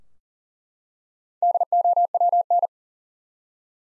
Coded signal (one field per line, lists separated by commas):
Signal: Morse code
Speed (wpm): 40 wpm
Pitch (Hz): 700 Hz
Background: none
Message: DOWN